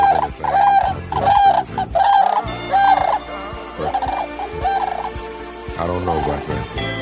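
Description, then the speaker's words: Cranes calling, loud harsh trumpeting notes repeated in a series. Played as the sound of cranes in love; the deep staccato comes from a windpipe coiled into the breastbone. "Phil, maybe one more crane noise. Maybe make this one the sound of cranes in love."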